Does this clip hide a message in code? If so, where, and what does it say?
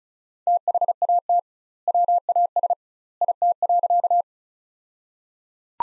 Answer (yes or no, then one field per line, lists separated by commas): yes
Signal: Morse code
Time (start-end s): 0.5-4.2 s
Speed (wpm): 34 wpm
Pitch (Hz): 700 Hz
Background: none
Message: THAT WAS IT.